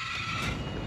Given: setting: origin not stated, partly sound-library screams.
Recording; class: one-second piece from a danger detection set; woman in danger